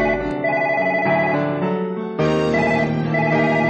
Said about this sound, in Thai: เสียงโทรศัพท์ของวิภาดาดังขึ้นการสนทนาของเราจึงต้องสิ้นสุดลง